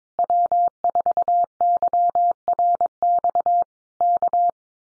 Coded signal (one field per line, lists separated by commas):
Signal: Morse code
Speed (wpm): 22 wpm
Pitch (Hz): 700 Hz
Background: none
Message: W4YRX K